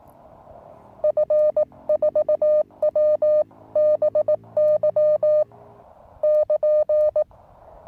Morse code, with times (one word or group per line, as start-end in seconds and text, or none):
1.0-5.4 F4WBY
6.2-7.2 <KN>